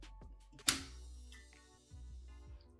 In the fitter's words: we're going to push down firmly on both sides until we hear it click